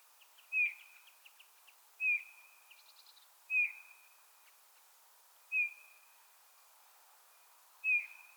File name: Pyrrhula pyrrhula